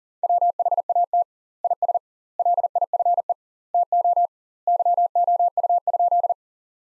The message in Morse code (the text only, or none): WHAT IS LIFE TO YOU?